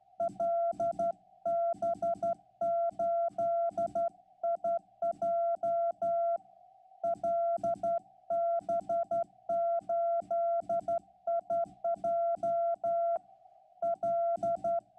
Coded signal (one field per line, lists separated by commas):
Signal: Morse code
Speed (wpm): 12 wpm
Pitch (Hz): 680 Hz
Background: none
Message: LB8IJ LB8IJ L